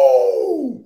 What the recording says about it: That's how I sneeze. The Ric Flair sneeze.